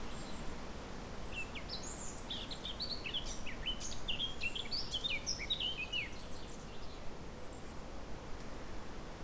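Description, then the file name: Eurasian blackcap song: a rapid, varied warble of scratchy and whistled notes running for several seconds over steady low background noise. "Sylvia atricapilla"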